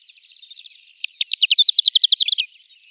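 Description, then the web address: Greater short-toed lark giving one phrase: a few dry ticks speeding into a quick, bright twittering run, over a soft continuous background chatter. "Schulze Peter Short-toed Lark song"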